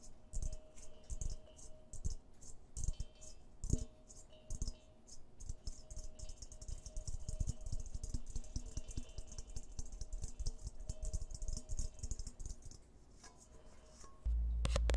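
Fingernails and finger pads tap on objects in quick, uneven bursts, with crisp clicky hits mixed with duller knocks. The pace shifts, growing denser and more rapid from about six seconds. Near the end a low, steady hum rises beneath the tapping.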